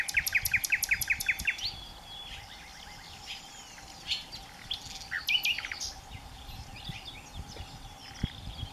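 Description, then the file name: Common nightingale song opening with a fast run of loud, identical clipped notes, then quieter twitters, a short doubled phrase and scattered chirps, with a steady hum. "Nachtigall mit Gesang - Nightingale singing"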